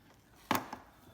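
The second PCV hose quick-connect fitting on a UPR oil catch can on a 2017 Mustang GT is pressed in at its yellow tab and pulled off. A sharp click is heard at 0.5 s, followed by a softer tap at 0.7 s. The hose comes free, and both hoses are now off.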